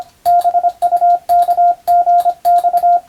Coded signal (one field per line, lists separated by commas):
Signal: Morse code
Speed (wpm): 25 wpm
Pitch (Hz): 700 Hz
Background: radio noise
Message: BUKGX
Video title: スマホ時代の今でも行われているモールスの国家試験の練習風景です。通信技術の原点！アマチュア無線ハムの受信練習にもどうぞ(morse code practice for radio operator )